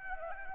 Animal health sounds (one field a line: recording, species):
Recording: mosquito wingbeat signal from an infrared sensor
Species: Anopheles arabiensis